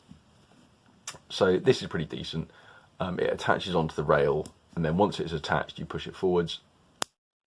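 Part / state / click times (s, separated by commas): quick-detach throw lever of a red dot sight mount on a weapon rail / seated / 7.0 s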